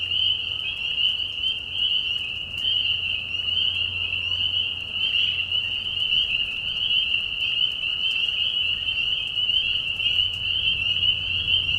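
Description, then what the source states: Spring peeper chorus, shrill repeated peeps piled densely together into a continuous bright buzz-like trill, faint low rumble below. Many peepers calling in a marsh at night, mating call during a very short spring season; Tiny Marsh Conservation Area, Tiny, Ontario, Canada; high whistles at low volume.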